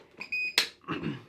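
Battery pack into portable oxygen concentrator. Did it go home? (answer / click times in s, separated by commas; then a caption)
yes / 0.6 s. A battery pack is pushed onto a portable oxygen concentrator until it locks in place. A steady high electronic beep sounds from about 0.2 to 0.55 s, followed by a sharp, loud latch click at 0.6 s, then a duller, lower rumble toward the end. The battery is seated and confirmed as correctly installed.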